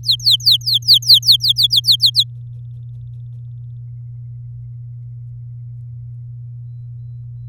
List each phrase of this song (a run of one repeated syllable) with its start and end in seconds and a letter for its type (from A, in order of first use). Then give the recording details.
0.03-2.10 A, 2.14-2.23 B. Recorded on 8 May 2018 at 16:02. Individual llb16